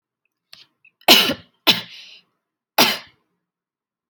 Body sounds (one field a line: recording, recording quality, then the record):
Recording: heavy voluntary cough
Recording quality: excellent, no background noise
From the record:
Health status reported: healthy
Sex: female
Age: 20 years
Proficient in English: yes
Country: India